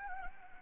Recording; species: mosquito wingbeat signal from an infrared sensor; Anopheles gambiae